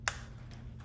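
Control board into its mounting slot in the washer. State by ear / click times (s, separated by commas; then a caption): seated / 0.1 s. A new washer control board, a plastic-housed circuit board, has its tab set into the slot and is pushed down into its mount in a Whirlpool, Maytag or Amana washer that was constantly draining. A single sharp snap is heard at 0.1 s over a low steady hum. The board is seated in its mounting slot.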